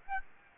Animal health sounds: mosquito wingbeat signal from an infrared sensor; Aedes aegypti

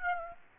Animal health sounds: mosquito wingbeat signal from an infrared sensor; Aedes aegypti

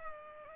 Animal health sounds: mosquito wingbeat signal from an infrared sensor; Culex pipiens

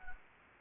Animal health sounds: mosquito wingbeat signal from an infrared sensor; Anopheles gambiae

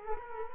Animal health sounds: mosquito wingbeat signal from an infrared sensor; Culex quinquefasciatus

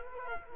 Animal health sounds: mosquito wingbeat signal from an infrared sensor; Culex quinquefasciatus

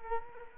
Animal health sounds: mosquito wingbeat signal from an infrared sensor; Culex quinquefasciatus

